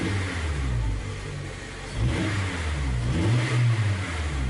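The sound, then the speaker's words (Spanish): The engine of a Porsche 550 Spyder sports car, James Dean's car named Little Bastard, revs in low, throaty bursts, its pitch rising and falling twice with a steady mechanical rumble and no voices. “Pequeño Bastardo era el nombre con el que James Dean bautizó a su coche postrero, un Porsche 550 Spyder capaz de alcanzar la friolera de 225 km/h, algo extraordinario en la época.”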